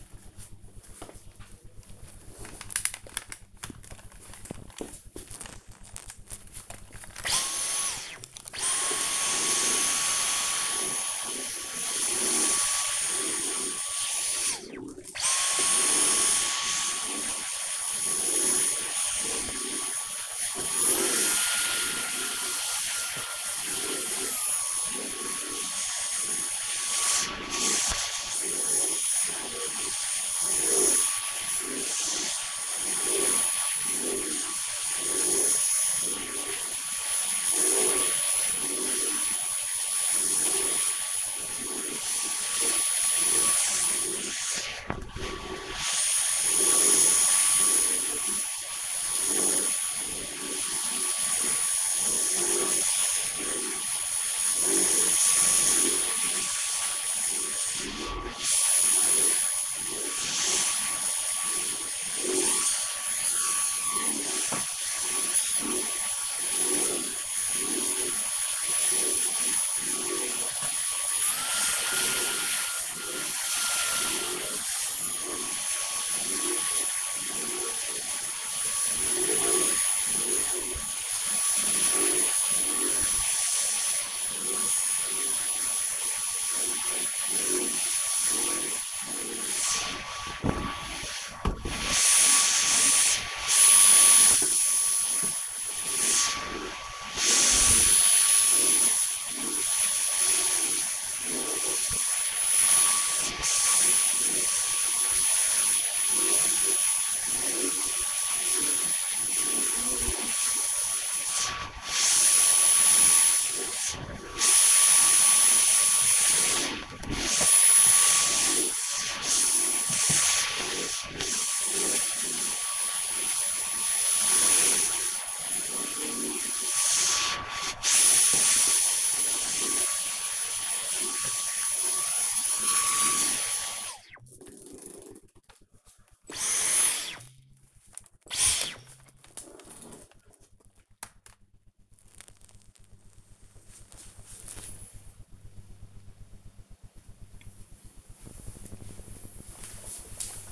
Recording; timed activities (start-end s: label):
household activities, microphone on the right wrist
0.00-133.61 s: vacuum cleaning